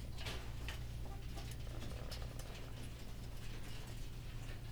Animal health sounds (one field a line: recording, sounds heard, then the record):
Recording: poultry house recording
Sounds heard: sick chickens (respiratory disease)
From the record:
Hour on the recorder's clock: 15